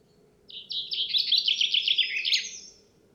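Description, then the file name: Common chaffinch song: a rapid series of repeated high notes, about two and a half seconds long, ending in a flourish. "Fringilla coelebs"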